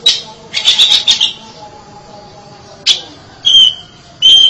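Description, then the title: Oriental magpie-robin song: bursts of scratchy chattering notes, a pause with faint lower tones, then short bright whistled phrases separated by brief silences. "Suara Kicauan Burung Kacer"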